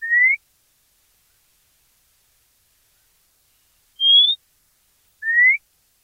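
White monjita producing short rising whistles, one higher and flatter, spaced about one to four seconds apart with no other sounds.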